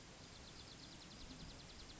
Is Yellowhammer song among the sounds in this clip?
no